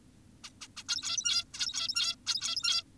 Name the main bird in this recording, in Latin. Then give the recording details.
Taeniopygia guttata. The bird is an adult. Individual g17y2U